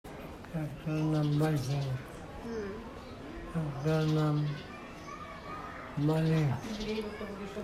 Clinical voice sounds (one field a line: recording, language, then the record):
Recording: elicited speech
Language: Bengali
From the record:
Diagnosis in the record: Broca's or global aphasia after a stroke